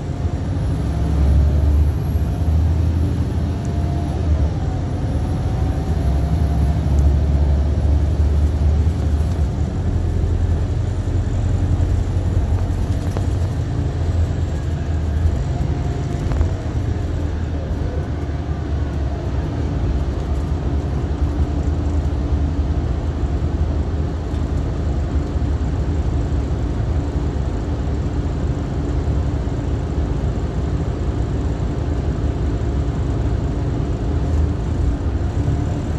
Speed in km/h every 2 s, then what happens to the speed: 40, 47, 52, 55, 56, 58, 47, 35, 29, 15, 10, 3, 0, 0, 0, 0, 0, 8.
0-10 speeds up to 58. 10-23 brakes to 0. 23-33 standing. 33-36 pulls away to 8.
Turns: none.